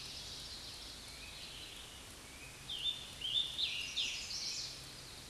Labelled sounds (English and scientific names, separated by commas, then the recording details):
Scarlet Tanager (Piranga olivacea) song
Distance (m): 45 m
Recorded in a Pennsylvania forest on 19 May 2023 at 09:18
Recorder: AudioMoth, point grid1_2_low
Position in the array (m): 142 m, 66 m